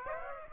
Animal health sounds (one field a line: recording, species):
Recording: mosquito wingbeat signal from an infrared sensor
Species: Aedes aegypti